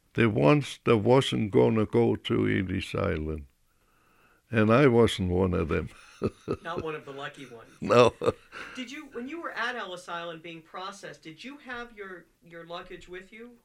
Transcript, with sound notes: the ones that wasn't going to go to Ellis Island. And I wasn't one of them. ( he laughs )
Not one of the lucky ones.
No.
Did you, when you were at Ellis Island being processed, did you have your luggage with you?